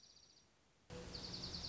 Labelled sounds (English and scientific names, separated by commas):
Dark-eyed Junco (Junco hyemalis)